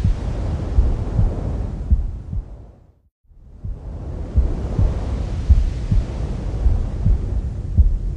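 A deep, muffled whooshing rumble carries soft low thumps at roughly 50 a minute, fading briefly to silence near three seconds before returning. These are womb sounds with the mother's heartbeat, a calming sleep sound meant to help babies sleep faster.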